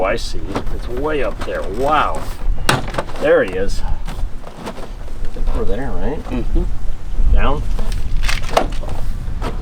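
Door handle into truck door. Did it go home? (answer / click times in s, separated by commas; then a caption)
yes / 8.6 s. A replacement door handle is pressed down into a truck door while someone talks, and it clicks into place at 8.6 s, seated. A few other short knocks are heard around it.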